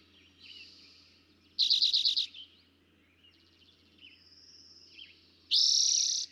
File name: Eastern Towhee